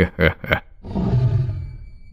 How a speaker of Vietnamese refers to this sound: Con hổ gầm lên một tiếng thật lớn. Nó quay lưng đi vào trong bóng tối.